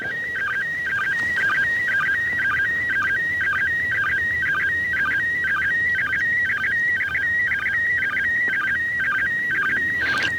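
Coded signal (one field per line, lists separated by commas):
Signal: SSTV (slow-scan television)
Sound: warbling, stepping tone with a short low blip about twice a second, continuous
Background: radio static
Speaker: transfer the audio file over to my Linux laptop. And we'll use QSS TV to decode it.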